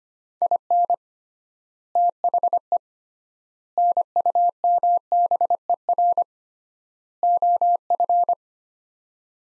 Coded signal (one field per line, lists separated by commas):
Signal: Morse code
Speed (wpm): 25 wpm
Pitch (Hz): 700 Hz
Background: none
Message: IN THE NUMBER OF